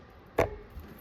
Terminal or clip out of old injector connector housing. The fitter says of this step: I pop this loose